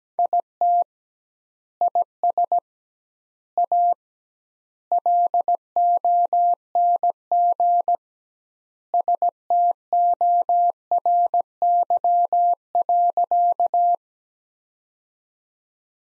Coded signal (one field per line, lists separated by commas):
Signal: Morse code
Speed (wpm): 17 wpm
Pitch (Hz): 700 Hz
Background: none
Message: IT IS A LONG STORY.